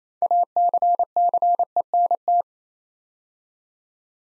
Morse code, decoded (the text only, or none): ACCENT